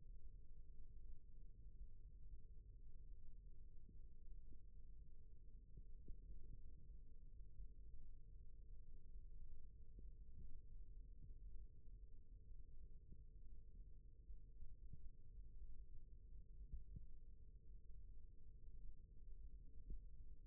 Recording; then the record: forearm muscle sounds (acoustic myography)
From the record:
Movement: rest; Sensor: system 1, eight BSWA MPA416 microphones around the upper forearm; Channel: 3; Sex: male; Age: 21 years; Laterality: right